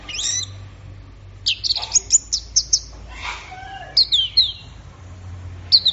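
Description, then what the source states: Orange-headed thrush song: a quick series of sharp high whistled notes, then a softer descending phrase and further bright sweeping whistles, over low background hum. Gacor (bird in full song) recording, used for training songbirds; offline collection of thrush sounds.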